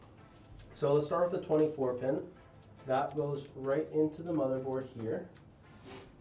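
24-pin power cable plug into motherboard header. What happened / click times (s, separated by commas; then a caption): Handled, not yet home: the connector has not clicked in / none. A 24-pin ATX power cable plug is handled at a motherboard header, about to be pushed in, while someone talks. The clip ends before it goes home, so nothing has seated or clicked yet.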